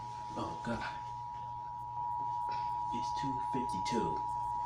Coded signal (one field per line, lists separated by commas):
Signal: Emergency Alert System (SAME) tones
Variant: 853 and 960 Hz attention tone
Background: speech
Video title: REQUIRED MONTHLY TEST JULY - EAS #13-17